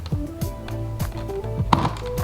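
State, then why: Seated. A plastic assembly piece of a DASH Compact Cold Press juicer is pushed all the way into the juicer housing over steady background music with a few soft knocks. A sharp, loud hit at 1.7 s marks the piece seating and locking into place.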